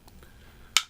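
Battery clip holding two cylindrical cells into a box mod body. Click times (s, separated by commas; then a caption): 0.8 s. A plastic battery clip loaded with two 18650 batteries is pushed back into the body of a Smok Mag Mod vape box mod. After a couple of faint ticks, a single sharp click at 0.8 s marks the clip locking into place in the mod.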